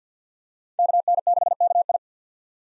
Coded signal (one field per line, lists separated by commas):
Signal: Morse code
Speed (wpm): 50 wpm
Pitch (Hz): 700 Hz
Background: none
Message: KN6KI